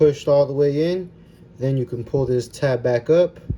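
During reassembly of a Ruger MAX-9 pistol with a Ready Dot red dot, the takedown pin has been pushed all the way back into its hole in the frame, and the small takedown tab that locks the pin is about to be pulled back up until it clicks shut. Someone talks throughout. Nothing has clicked or seated yet.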